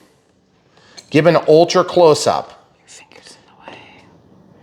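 Someone talks while handling a spinner assembly part on its mount on an Avios Twin Otter 1600mm model, with a visible gap still showing. Faint handling taps follow at about 3.1 and 3.7 seconds, but nothing has seated or clicked yet.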